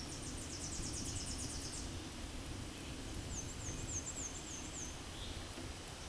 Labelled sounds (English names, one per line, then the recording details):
Black-and-white Warbler song
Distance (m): 60 m
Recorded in a Pennsylvania forest on 17 May 2023 at 13:33
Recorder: AudioMoth, point grid1_25_low
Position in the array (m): 48 m, 215 m